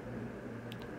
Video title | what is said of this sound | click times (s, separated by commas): 9kg Samsung fully automatic washing machine how to use everything explain | इसमें आपका जैसा खड़ा करके आवाज आई नॉर्मली आपकी इससे पहले वाशिंग मशीन में आप दोनों ओपन कर सकते थे लेकिन अब इसमें आप डोर ओपन नहीं कर सकते | 0.7 s